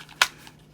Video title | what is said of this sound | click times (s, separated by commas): Clip on Skis for Holy Stone HS720E and HS720 series. | and then you hear it snap on | 0.2 s